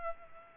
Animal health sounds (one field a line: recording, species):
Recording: mosquito wingbeat signal from an infrared sensor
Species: Culex pipiens